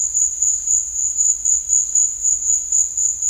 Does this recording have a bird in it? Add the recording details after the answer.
no. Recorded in dense forest near Puerto Asís, Putumayo, Colombia, on 18 December 2024 at 14:30. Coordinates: 0.484, -76.325. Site G056